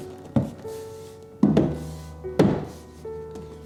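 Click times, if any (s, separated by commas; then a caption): 0.4 s, 1.4 s, 2.4 s. The front end of a plastic side panel is pressed onto the frame of an Ogawa massage chair, and its clips snap into place. Sharp clicks are heard at 0.4 s, 1.4 s and 2.4 s over steady background music, and the panel ends up seated.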